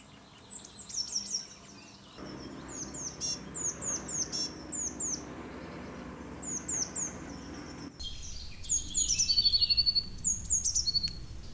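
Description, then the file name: Eurasian blue tit song of high, thin, down-slurred notes and brief trills, repeated over steady background noise. "canto cinciarella Cyanistes parus caeruleus blue tit blaumeise herrerillo"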